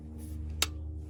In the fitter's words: So once you hear the click,